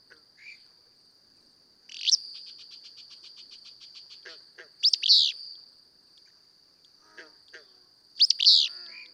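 Willow flycatcher: three sharp, burry sneezed phrases spaced about three seconds apart, with a quick ticking series and a constant high-pitched tone in the background.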